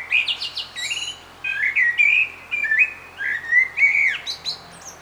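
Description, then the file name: Common blackbird song: a run of low, fluty warbled whistles that slide up and down, broken by thin, squeaky high notes. "Turdus merula"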